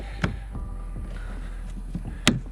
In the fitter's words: latch it over till it clicks and you're ready to pedal